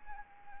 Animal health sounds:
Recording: mosquito wingbeat signal from an infrared sensor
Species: Anopheles arabiensis

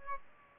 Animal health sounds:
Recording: mosquito wingbeat signal from an infrared sensor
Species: Aedes aegypti

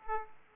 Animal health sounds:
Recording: mosquito wingbeat signal from an infrared sensor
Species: Aedes aegypti

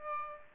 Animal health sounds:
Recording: mosquito wingbeat signal from an infrared sensor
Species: Aedes aegypti

